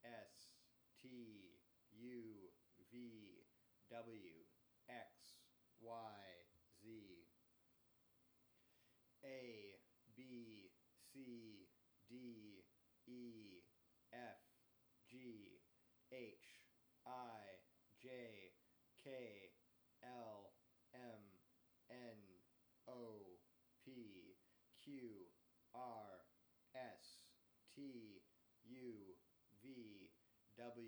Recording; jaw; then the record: letters of the alphabet, spoken; free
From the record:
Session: first day, before the bite bar